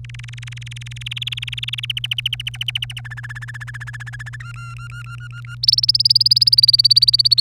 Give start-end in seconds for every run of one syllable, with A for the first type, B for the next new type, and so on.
0.04-1.85 A, 1.90-3.00 B, 3.05-4.36 C, 4.40-5.55 D, 5.63-7.40 E